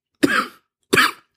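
An adult man with a cold coughs twice.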